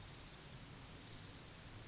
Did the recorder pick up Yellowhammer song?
no